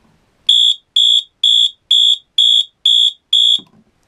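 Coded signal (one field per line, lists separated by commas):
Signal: alarm pattern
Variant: March time, Wheelock MT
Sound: seven rapid evenly spaced harsh horn blasts, about two per second, then a click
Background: small room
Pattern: 7 short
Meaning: March time pulsing horn signals a general fire alarm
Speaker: has to be March time because I know all three of them down is high low so here's March Time horn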